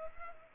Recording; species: mosquito wingbeat signal from an infrared sensor; Culex pipiens